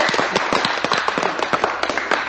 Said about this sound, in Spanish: ¡Un fuerte aplauso!